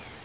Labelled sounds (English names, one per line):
Nashville Warbler flight call